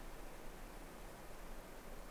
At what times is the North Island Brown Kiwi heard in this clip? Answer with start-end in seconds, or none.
none